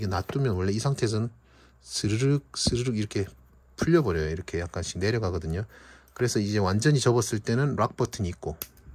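Someone talks while handling the zoom lock switch on a camera zoom lens barrel, with the zoom lens fully collapsed, to hold the barrel so the zoom won't creep down. Speech fills most of the clip with a few faint handling sounds between phrases. Nothing has seated or clicked yet.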